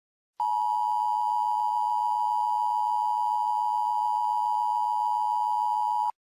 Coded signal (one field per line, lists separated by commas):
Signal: Emergency Alert System (SAME) tones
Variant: 853 and 960 Hz attention tone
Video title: EAS